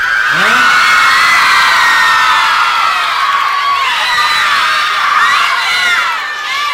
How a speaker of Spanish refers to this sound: Esta noche muchas palmas y muchos gritos que estamos grabando.